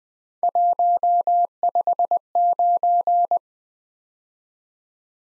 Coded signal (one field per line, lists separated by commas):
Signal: Morse code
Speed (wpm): 23 wpm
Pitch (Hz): 700 Hz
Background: none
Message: 159